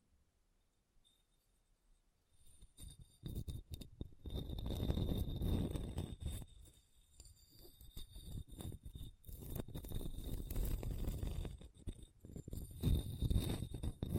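Rough scratching across a hard, bumpy surface starts after two seconds of quiet, grinding in dense, uneven bursts with a faint steady whine.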